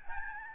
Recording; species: mosquito wingbeat signal from an infrared sensor; Aedes albopictus